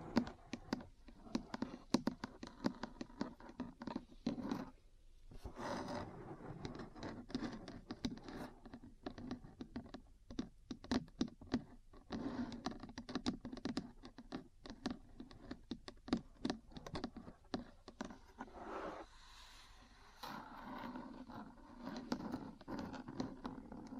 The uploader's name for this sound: Metal Parts Tapping & Scratching